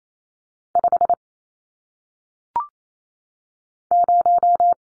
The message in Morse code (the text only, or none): 5 0